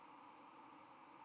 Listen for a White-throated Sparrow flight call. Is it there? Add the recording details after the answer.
yes. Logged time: 05:04 on 31 October 2014